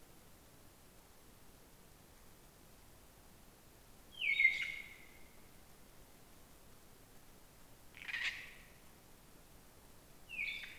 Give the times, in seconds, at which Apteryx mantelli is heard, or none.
none